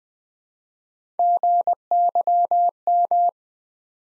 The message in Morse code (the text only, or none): GYM